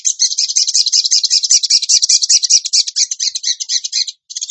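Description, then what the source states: Bird song: one long, dense, rattling trill of rapid high notes, held almost without a break for over four seconds and then briefly resumed after a short gap. Bird song in the tembakan gacor style, used as masteran (training for other birds).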